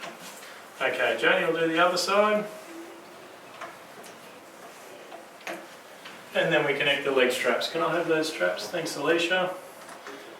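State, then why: Seated. A carer clips the second side of a patient sling's connector onto the pivot frame of a full-body lifting hoist, where the click must be heard to confirm the connection. Between stretches of someone talking, a short, sharp tick sounds at 5.5 s as the connector seats onto the frame.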